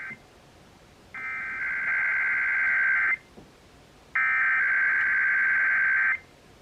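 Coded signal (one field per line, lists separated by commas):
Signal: Emergency Alert System (SAME) tones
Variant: header bursts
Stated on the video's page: EAS weekly test tones.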